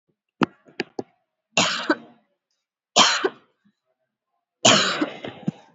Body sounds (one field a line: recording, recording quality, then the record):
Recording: heavy voluntary cough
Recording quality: excellent, no background noise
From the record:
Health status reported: COVID-19 positive, moderate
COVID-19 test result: positive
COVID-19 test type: RT-PCR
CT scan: not taken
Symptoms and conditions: cold, sore throat, loss of smell and taste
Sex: female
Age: 35 years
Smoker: no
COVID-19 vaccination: one dose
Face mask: worn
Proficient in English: yes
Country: India